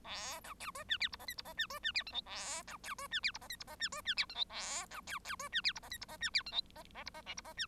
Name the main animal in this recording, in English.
Bengalese Finch